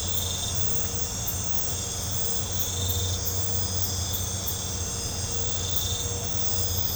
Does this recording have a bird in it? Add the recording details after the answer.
no. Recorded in pastures near Puerto Asís, Putumayo, Colombia, on 16 December 2024 at 00:00. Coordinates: 0.502, -76.324. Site G077